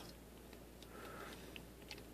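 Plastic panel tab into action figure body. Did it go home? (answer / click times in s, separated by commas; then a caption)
no / none. Someone pushes a plastic panel tab into place on the other side of a Transformers Generations IDW Autobot Springer action figure's body, producing only faint plastic hits around 0.8, 1.6, 1.9 and 2.2 seconds over a quiet background. The panel has not clicked in, and a small gap remains.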